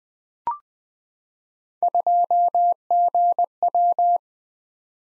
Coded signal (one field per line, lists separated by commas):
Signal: Morse code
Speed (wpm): 20 wpm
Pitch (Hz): 700 Hz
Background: none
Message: 2GW